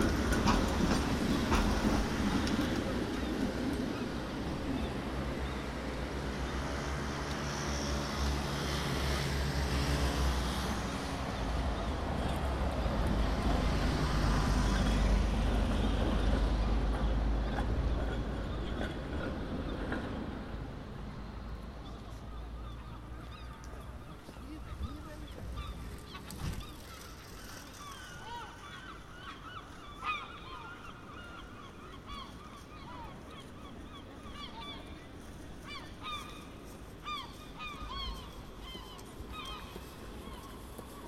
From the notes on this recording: General atmosphere, traffic, seagulls and pedestrians on Het Buitenhof in The Hague.